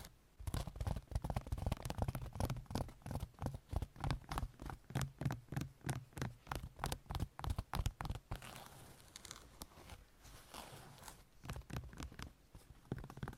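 Long nails tap and scratch in quick, uneven bursts, a dense run of sharp clicks filling the first eight seconds with a low thump under many of them. After that the tapping thins out into softer, scattered scratching and a faint hiss, with a few louder taps near the end.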